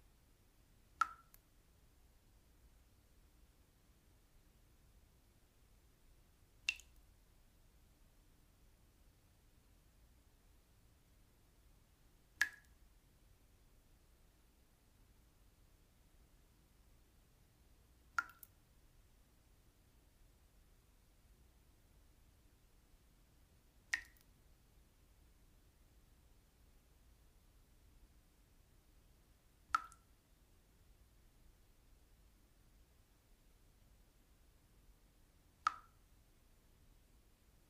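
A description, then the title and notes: Single water drops fall one at a time, each a short, bright plop, landing about every six seconds with clockwork regularity. Between drops there is near silence, only a faint low hiss and rumble underneath. Peaceful Drops of Water. The gentle sound of water droplets splashing.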